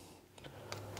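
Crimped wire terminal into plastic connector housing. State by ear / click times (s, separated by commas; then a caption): seated / 0.7 s. A freshly crimped wire terminal with a locking tab is slid into the back of a plastic connector housing until the tab clicks and locks. Faint ticks come at 0.4 s and 1.0 s, and the sharpest click comes at 0.7 s as the terminal seats. The wire is then pulled to check that it is held.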